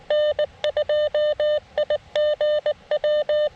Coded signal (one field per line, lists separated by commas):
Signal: Morse code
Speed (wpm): 20 wpm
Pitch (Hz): 600 Hz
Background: none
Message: N2IGW